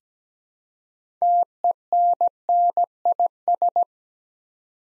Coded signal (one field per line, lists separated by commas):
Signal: Morse code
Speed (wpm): 17 wpm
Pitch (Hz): 700 Hz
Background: none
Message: TENNIS